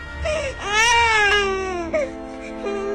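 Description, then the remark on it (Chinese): A baby wails loudly in one long, sustained cry with a rising then slowly falling pitch, followed by a brief catch and a shorter, quieter cry, heard in a rainstorm in woods as a fast-moving figure carries it closer, the crying growing louder. “这时，在暴风雨中隐约传来了一阵婴儿的啼哭声，时断时续，接着一个黑影在树林间以快似闪电的速度跳跃着朝正东方冲来，随着黑影越来越近，那婴儿的啼哭声也越来越大，越来越清晰。”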